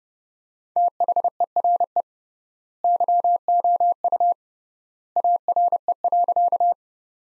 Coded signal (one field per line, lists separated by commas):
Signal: Morse code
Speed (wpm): 30 wpm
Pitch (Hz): 700 Hz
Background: none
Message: THERE YOU ARE.